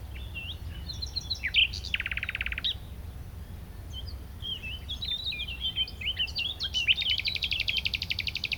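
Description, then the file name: Common nightingale song with a dry buzzing rattle, varied whistled phrases, then a longer rapid rattle, over a constant low hum. "Luscinia megarhynchos"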